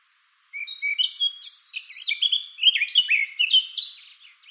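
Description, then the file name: Eurasian blackcap song, a continuous, hurried warble of varied bright chirps, trills and fluty whistles lasting about four seconds. "Sylvia atricapilla"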